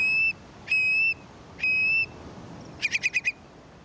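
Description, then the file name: Long-billed Curlew calls: three clear, level whistled notes with sharp onsets, then a quick burst of short rapid notes at the end. Male's bubbling spring song, part of his mating display flight over a western grassland breeding habitat. "birdnote curlew"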